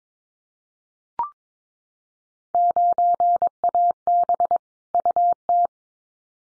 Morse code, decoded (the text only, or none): 9AB UT